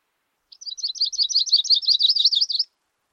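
Bird giving a fast, high twittering run of short chirped notes for roughly two seconds, strongest in the middle, with silence before and after.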